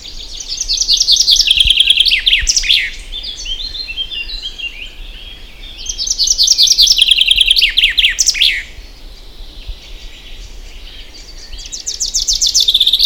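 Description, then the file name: Common chaffinch song: two full phrases of rapid trilled high notes, each ending in a flourish, and the start of a third. "Fringilla coelebs"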